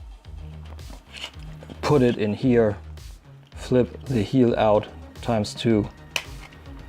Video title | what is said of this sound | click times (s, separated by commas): X-Transbots Gravestone Review - 3P MP G1 Stunticon Motormaster - The Nerd Crate Too | until it actually snaps in place. | 6.2 s